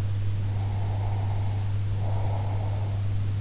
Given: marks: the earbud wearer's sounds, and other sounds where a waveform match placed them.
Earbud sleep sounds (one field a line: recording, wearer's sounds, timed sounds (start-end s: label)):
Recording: sounds in sleep by an in-ear microphone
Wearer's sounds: breath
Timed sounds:
0.52-3.12 s: breath